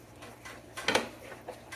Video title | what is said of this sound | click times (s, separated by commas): Aqueon Quiet Flow Pro Filter: How to put it together and How to clean mag drive. Review and Rating | top snaps on | 0.9 s